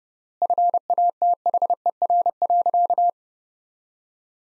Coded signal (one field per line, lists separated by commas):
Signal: Morse code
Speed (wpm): 32 wpm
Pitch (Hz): 700 Hz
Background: none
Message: FATHER.